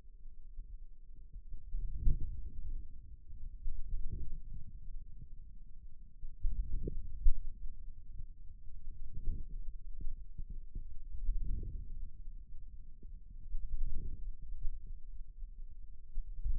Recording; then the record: forearm muscle sounds (acoustic myography)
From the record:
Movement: hand closing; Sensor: system 2, bracelet of six BSWA MPA416 microphones around the upper forearm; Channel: 4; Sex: male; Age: 22 years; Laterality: right